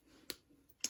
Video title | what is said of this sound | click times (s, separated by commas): TEST [ pâte structure neige et peinture 3D blanc neige ] | hop, ça se clipse. | 0.3 s, 0.8 s